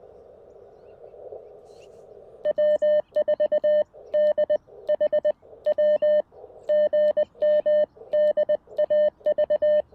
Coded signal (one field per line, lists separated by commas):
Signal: Morse code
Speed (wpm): 20 wpm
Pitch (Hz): 600 Hz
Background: none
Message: W4DHW GM DAV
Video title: Knee-POTA! Chilly Sunday Morning CW Activation with the CFT1!